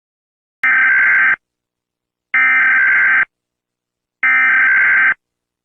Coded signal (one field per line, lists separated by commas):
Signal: Emergency Alert System (SAME) tones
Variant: header bursts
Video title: eas alarm prank